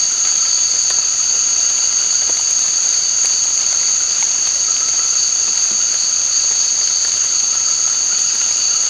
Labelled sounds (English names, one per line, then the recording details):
none
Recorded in dense forest near Puerto Asís, Putumayo, Colombia, on 24 March 2025 at 18:30
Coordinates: 0.485, -76.318
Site G056